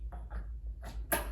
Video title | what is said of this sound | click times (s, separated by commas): FepSim Overview | and you'll shove it right on and you'll hear it click so it won't pull off unless you give it a good bit of force | 1.1 s